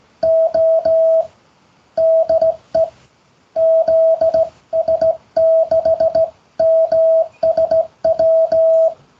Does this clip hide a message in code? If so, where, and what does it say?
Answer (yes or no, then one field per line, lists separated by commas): yes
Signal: Morse code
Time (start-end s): 0.2-8.9 s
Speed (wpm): 16 wpm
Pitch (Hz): 650 Hz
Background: radio noise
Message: O DE ZS6MSW